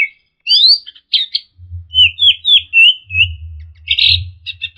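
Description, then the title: Flycatcher (sikatan londo) song with rising whistled slurs, a run of quick wavering notes and a final buzzy chatter, accompanied by an intermittent low rumble. Masteran training recording for cage birds, fast full-speed song with densely packed phrases. "Suara Burung Sikatan Londo Masteran Tembakan Full Speed Rapet"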